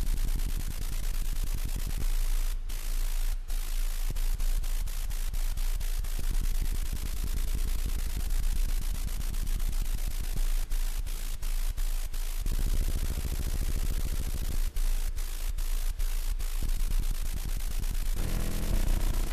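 Randomized noise fills the whole clip, a dense, constant hiss spread from deep rumble to bright top. Its texture shifts in blocks every second or two, the low end thickening and thinning, with brief dropouts and clicks near 2.5, 3.5 and 15–16 seconds.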